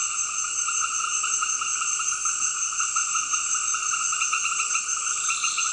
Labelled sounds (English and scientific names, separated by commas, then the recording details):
none
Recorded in dense forest near Puerto Asís, Putumayo, Colombia, on 9 March 2025 at 18:00
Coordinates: 0.481, -76.323
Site G088